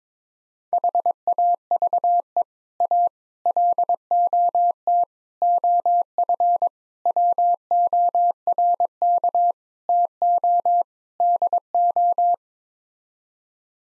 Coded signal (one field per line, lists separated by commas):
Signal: Morse code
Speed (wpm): 22 wpm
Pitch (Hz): 700 Hz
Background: none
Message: HAVE A LOT OF WORK TO DO